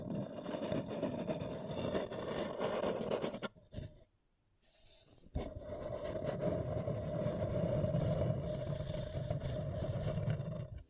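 Paper cup tingles: a dense, continuous scraping and rustling with a steady hum-like tone running through it and plenty of low rumble. Around the fourth second it drops to near silence for about a second and a half, then returns just as full.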